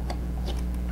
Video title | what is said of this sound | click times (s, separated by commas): KW Praktina IIA Video 2: Operation, Use, How to Take Photos, and Changing Lenses and Viewfinders | if I can get it to work nope this prism does not want to lock into place | none